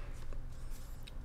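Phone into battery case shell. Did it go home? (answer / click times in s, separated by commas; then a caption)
no / none. An iPhone 15 Pro Max is pressed into a ZeroLemon 10K mAh plastic battery case shell, with only faint rustling and two brief soft ticks near 0.3 s and 1.1 s. Nothing has seated or clicked yet; the phone fails to click into the case.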